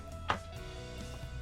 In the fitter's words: and then that just clicks into place